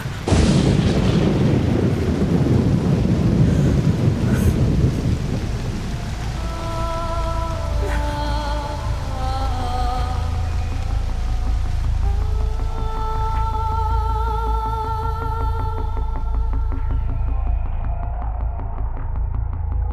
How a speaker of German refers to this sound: Das Geräusch des Regens begleitete mich in den Schlaf.